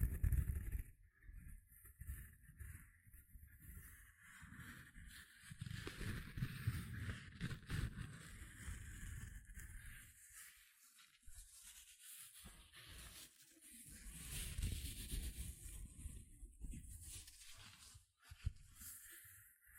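Gentle scratching runs throughout, a soft rubbing texture with low, muffled strokes swelling and easing in uneven waves. Brighter, airy scratches sit on top, busiest around seven and fifteen seconds, with a brief near-silent dip just before eighteen seconds.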